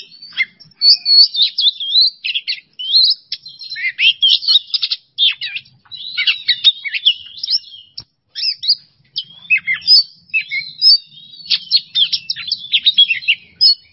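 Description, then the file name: Oriental magpie-robin pouring out a long, restless song of clipped whistles, buzzy trills and chattering bursts in short volleys separated by tiny gaps. Masteran (songbird training) recording of a kacer singing in the bongkar isian style, unloading its repertoire, in an emotional, worked-up state. "Masteran Kacer Bongkar Isian Emosi"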